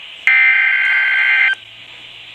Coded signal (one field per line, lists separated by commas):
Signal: Emergency Alert System (SAME) tones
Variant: header bursts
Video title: (RARE FOR WNY!) TORNADO WARNING FOR MY COUNTY! (EAS #2)